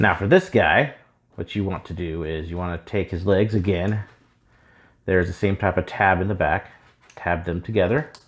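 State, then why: Not seated. Someone talks while handling the two plastic legs of a transforming toy figure, lining up the tabs on the back of each leg to join them to each other. Nothing has clicked or seated yet when the clip ends.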